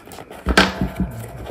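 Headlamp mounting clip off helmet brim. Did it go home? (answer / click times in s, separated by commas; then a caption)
released / 0.6 s. A plastic headlamp clip is opened and taken off a helmet brim. There is faint handling first, then a sharp snap at 0.6 s as the clip unlatches and releases, followed by lighter knocks around 0.8 s and 1.0 s.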